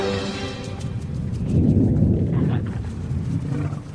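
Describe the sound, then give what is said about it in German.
A deep, loud rumble rolls on for several seconds, swelling in the middle and churning low like thunder coming up from under the ground, with no voices over it. “Das war bestimmt bloß Donner von unter der Erde.”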